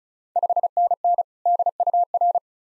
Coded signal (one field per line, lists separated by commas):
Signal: Morse code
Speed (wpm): 36 wpm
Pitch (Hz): 700 Hz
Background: none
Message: 5NN DUR